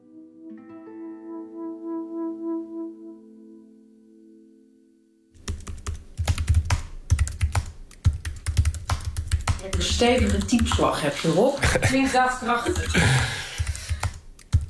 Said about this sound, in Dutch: Stevige typeslag heb je